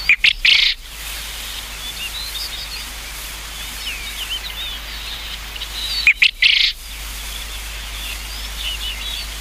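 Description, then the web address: Japanese quail call: a loud, rough burst of three quick notes near the start, repeated about six seconds later, over soft chirping of other birds. "sikioto. uzura"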